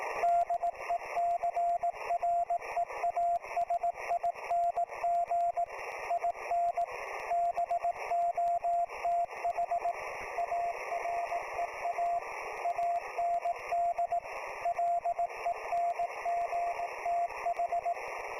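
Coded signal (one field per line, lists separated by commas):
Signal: Morse code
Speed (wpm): 18 wpm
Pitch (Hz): 690 Hz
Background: radio noise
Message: DECREASING IN BOTH AREA AND LENGTH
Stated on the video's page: Live HF reception of a QST bulletin on an FTDX-10.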